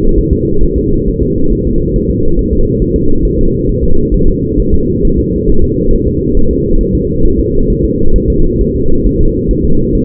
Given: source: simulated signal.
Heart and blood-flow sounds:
fetal heart sounds
0.19 s: S1
0.33 s: S2
0.63 s: S1
0.78 s: S2
1.08 s: S1
1.23 s: S2
1.53 s: S1
1.67 s: S2
1.96 s: S1
2.10 s: S2
2.39 s: S1
2.53 s: S2
2.82 s: S1
2.96 s: S2
3.25 s: S1
3.39 s: S2
3.69 s: S1
3.84 s: S2
4.14 s: S1
4.28 s: S2
4.60 s: S1
4.74 s: S2
5.05 s: S1
5.19 s: S2
5.49 s: S1
5.64 s: S2
5.93 s: S1
6.08 s: S2
6.37 s: S1
6.51 s: S2
6.81 s: S1
6.95 s: S2
7.25 s: S1
7.40 s: S2
7.70 s: S1
7.84 s: S2
8.16 s: S1
8.30 s: S2
8.61 s: S1
8.76 s: S2
9.06 s: S1
9.21 s: S2
9.51 s: S1
9.65 s: S2
9.95 s: S1
From the record:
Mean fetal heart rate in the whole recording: 135 bpm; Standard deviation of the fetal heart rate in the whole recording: 3 bpm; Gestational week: 36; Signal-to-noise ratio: -19.1 dB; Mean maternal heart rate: 72 bpm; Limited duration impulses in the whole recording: present

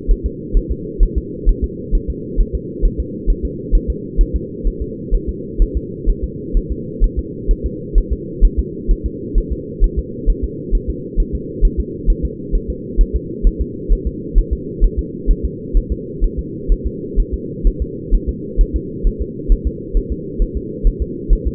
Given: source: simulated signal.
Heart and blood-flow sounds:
fetal heart sounds
0.11 s: S1
0.26 s: S2
0.57 s: S1
0.72 s: S2
1.03 s: S1
1.18 s: S2
1.49 s: S1
1.64 s: S2
1.95 s: S1
2.10 s: S2
2.41 s: S1
2.55 s: S2
2.85 s: S1
3.00 s: S2
3.30 s: S1
3.45 s: S2
3.75 s: S1
3.90 s: S2
4.21 s: S1
4.36 s: S2
4.68 s: S1
4.82 s: S2
5.15 s: S1
5.29 s: S2
5.62 s: S1
5.77 s: S2
6.10 s: S1
6.24 s: S2
6.57 s: S1
6.72 s: S2
7.04 s: S1
7.19 s: S2
7.51 s: S1
7.66 s: S2
7.98 s: S1
8.13 s: S2
8.45 s: S1
8.59 s: S2
8.91 s: S1
9.06 s: S2
9.38 s: S1
9.53 s: S2
9.84 s: S1
9.99 s: S2
10.30 s: S1
10.44 s: S2
10.75 s: S1
10.90 s: S2
11.20 s: S1
11.35 s: S2
11.65 s: S1
11.80 s: S2
12.10 s: S1
12.25 s: S2
12.55 s: S1
12.70 s: S2
13.01 s: S1
13.16 s: S2
13.47 s: S1
13.61 s: S2
13.93 s: S1
14.07 s: S2
14.39 s: S1
14.53 s: S2
14.84 s: S1
14.99 s: S2
15.31 s: S1
15.45 s: S2
15.77 s: S1
15.92 s: S2
16.24 s: S1
16.39 s: S2
16.72 s: S1
16.87 s: S2
17.20 s: S1
17.34 s: S2
17.67 s: S1
17.82 s: S2
18.15 s: S1
18.29 s: S2
18.61 s: S1
18.76 s: S2
19.07 s: S1
19.22 s: S2
19.52 s: S1
19.67 s: S2
19.97 s: S1
20.12 s: S2
20.42 s: S1
20.57 s: S2
20.87 s: S1
21.02 s: S2
21.33 s: S1
21.47 s: S2
From the record:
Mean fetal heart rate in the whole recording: 130 bpm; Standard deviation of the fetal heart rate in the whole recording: 4 bpm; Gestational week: 38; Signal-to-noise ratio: -4.1 dB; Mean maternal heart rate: no maternal heart sound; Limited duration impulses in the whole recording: absent

